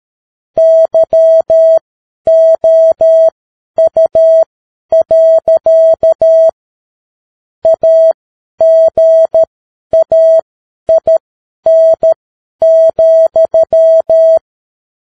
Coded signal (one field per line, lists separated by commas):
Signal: Morse code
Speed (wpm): 13 wpm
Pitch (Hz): 650 Hz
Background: none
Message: YOU. AGAIN,